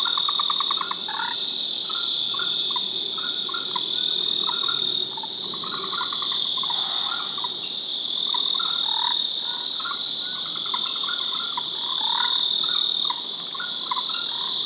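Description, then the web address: Frogs giving repeated pulsed croaking calls, bursts every second or two, with an unbroken high insect buzz throughout. "Frogs World"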